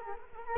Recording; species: mosquito wingbeat signal from an infrared sensor; Culex quinquefasciatus